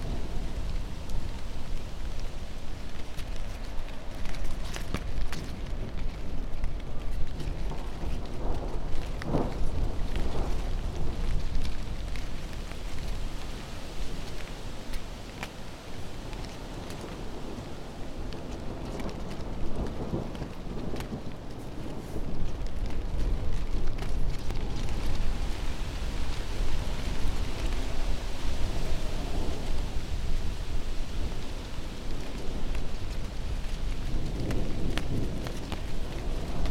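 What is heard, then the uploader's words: Rainy autumn weather with a dense, steady wash of rain and a deep low rumble running underneath throughout. Brief brighter patter and splashes come and go, with a few sharper drips near the start and around the middle; the overall level stays fairly even. Autumn Rainy Weather Noises.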